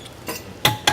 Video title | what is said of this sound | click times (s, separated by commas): [취업견문록잡아라] 82회 - 저울 회사 도전기 | 이렇게 딸깍 소리가 나면 이게 맞춰져 있기 때문에 | 0.7 s, 0.9 s